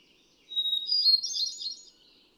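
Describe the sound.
Hermit thrush singing one phrase: a pure sustained whistled note that spills into a shimmering, high tumbling flurry of flutey notes, then fades.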